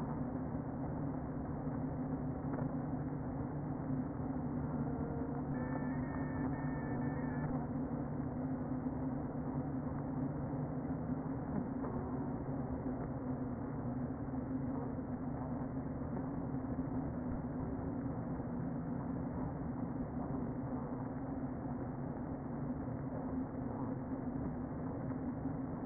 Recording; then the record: honeybee colony, microphone inside the hive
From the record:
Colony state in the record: queen present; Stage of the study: before two queens were removed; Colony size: about 60,000 bees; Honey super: yes